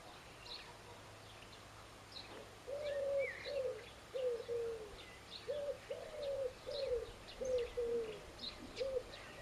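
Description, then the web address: Bird calls: a soft series of low, hooting coo-like notes, over faint high chirps and a low background hum. "cianscape. Deverinetal"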